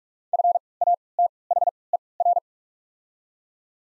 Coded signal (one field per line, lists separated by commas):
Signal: Morse code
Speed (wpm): 47 wpm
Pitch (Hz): 700 Hz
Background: none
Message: FATHER